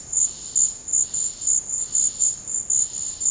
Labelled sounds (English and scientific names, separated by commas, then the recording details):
none
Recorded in secondary vegetation near Puerto Asís, Putumayo, Colombia, on 13 March 2025 at 14:00
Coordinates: 0.484, -76.319
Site G010